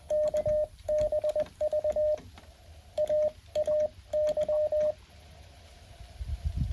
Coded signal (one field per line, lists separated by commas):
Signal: Morse code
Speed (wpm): 21 wpm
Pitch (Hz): 610 Hz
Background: radio noise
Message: KBV AAY